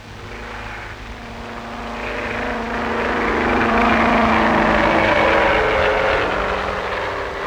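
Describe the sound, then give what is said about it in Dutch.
An airplane engine roars as it takes off from an airstrip laid by laymen, the broad droning noise swelling steadily louder and holding strong, with faint tonal hums running underneath and no voices. “Zal de start even vlot verlopen als de landing?”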